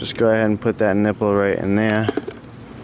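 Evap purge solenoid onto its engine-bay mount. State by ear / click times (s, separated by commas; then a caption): not seated / none. An evap purge solenoid is handled at its engine-bay mount, with its nipple being lined up to go in, while someone talks throughout. The clip ends before the part goes home, and nothing has seated or clicked yet.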